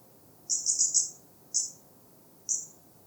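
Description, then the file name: European robin uttering a quick series of four high, thin notes, followed by two single notes about a second apart, with soft low background noise. "Erithacus rubecula"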